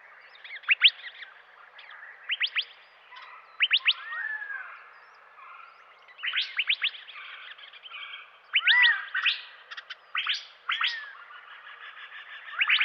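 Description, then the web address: Verdin calls: sharp high chip notes in short groups, with buzzier notes and a few downslurred whistles mixed in. "Dan Gibson Wildlife Identification By Sound, Western North America. Verdin"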